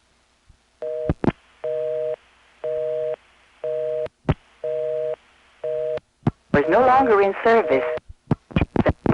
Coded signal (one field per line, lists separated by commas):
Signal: telephone call progress tone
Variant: North America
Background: speech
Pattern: busy tone